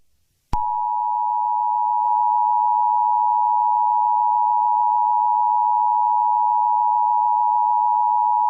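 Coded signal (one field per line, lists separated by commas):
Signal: Emergency Alert System (SAME) tones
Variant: 853 and 960 Hz attention tone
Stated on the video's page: Mock, non-real EAS broadcast for entertainment, possibly with valid EAS tones, using fandub audio.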